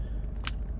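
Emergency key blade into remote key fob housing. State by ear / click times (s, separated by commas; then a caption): seated / 0.5 s. The metal emergency key blade of a 2018–2022 Chevrolet Trax remote is slid back into its slot in the plastic key fob housing after a battery change. Over a low steady rumble, a short sharp click rings out at 0.5 s as the key locks in place, fully seated.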